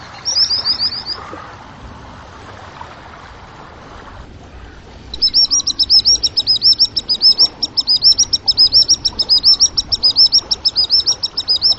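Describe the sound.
Bird song: a brief high chittering burst, a pause, then a long rapid series of sharp, high, twittering notes repeated more than once per second.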